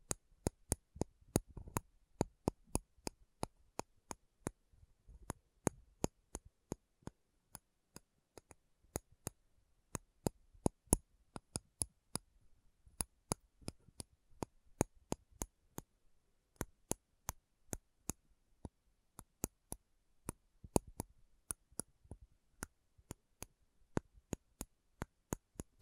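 Slow tapping on metal, a string of crisp, sharp clicks at an uneven pace of roughly two or three per second. The taps vary in strength, with a few heavier, duller knocks mixed in and a brief pause near the sixteen-second mark.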